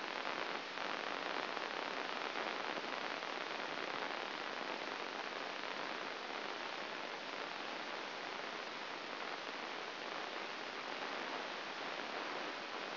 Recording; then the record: brain microelectrode recording played as sound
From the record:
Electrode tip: inside the subthalamic nucleus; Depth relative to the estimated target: 4 mm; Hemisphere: left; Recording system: AlphaMap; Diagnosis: Parkinson's disease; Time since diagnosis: 12 years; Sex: male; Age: 57 years